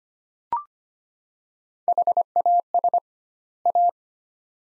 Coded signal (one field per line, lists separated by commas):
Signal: Morse code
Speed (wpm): 25 wpm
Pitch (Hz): 700 Hz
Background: none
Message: HAS A